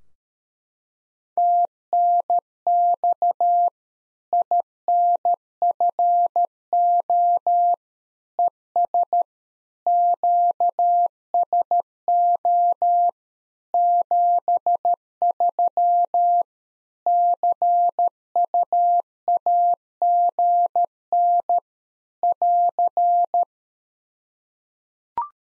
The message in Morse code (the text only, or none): TNX INFO ES QSO 73 CUAGN <AR>